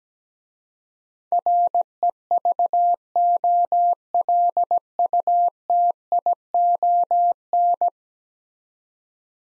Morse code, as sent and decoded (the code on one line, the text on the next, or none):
.-. . ...- --- .-.. ..- - .. --- -.
REVOLUTION